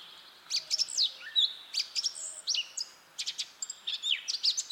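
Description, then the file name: Eurasian blackcap song: scratchy, rapid notes mixed with sharp high chips and short slurred whistles. "Sylvia atricapilla"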